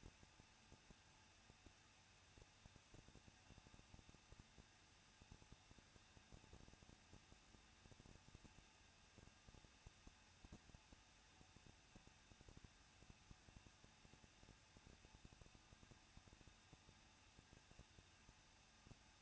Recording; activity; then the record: daily activity, microphone in the room; no activity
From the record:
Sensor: 2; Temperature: 21.0 degrees Celsius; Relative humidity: 37.3%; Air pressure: 1006.3 hPa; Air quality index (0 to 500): 220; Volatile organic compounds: 23 ppm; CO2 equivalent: 2784 ppm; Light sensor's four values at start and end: 2/3/2/2 and 2/3/2/2